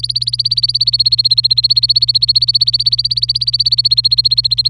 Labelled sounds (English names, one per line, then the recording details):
Domestic Canary song
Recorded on 26 April 2018 at 11:47
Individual llb3